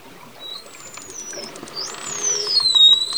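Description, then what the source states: Dolphin whistles: a long gliding tone slowly falling, then a louder looping whistle that rises, dips and climbs again, with faint clicks beneath. Dolphins recorded underwater, communicating.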